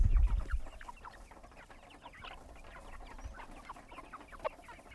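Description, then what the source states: Chickens clucking together in quick, busy overlapping notes, with a few low heavy thumps at the very start before the flock chatter carries on. Chickens on a goat farm.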